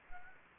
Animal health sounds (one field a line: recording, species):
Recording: mosquito wingbeat signal from an infrared sensor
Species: Anopheles gambiae